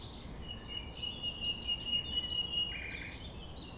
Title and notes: Chant De Ménage. 6 A.M. Lever du soleil non loin de la Thève au Champ de Ménage. Le rossignol n'attend pas le silence